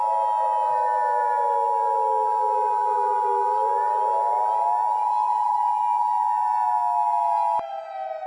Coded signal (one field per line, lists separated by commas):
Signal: Emergency Alert System (SAME) tones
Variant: 853 and 960 Hz attention tone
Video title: EAS: Spaceway-1